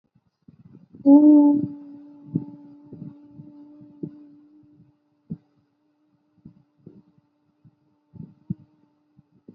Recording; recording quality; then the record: sustained vowel as in boot; moderate, slight background noise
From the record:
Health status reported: healthy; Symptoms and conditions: none ticked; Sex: female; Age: 25 years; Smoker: not ticked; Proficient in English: yes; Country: India